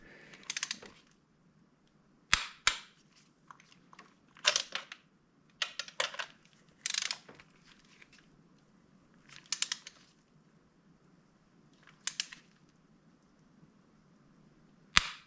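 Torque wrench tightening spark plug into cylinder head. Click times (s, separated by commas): 2.3 s, 15.0 s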